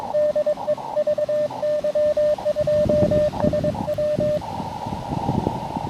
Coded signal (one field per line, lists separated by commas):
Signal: Morse code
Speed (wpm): 23 wpm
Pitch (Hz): 600 Hz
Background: radio noise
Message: DE VY2SW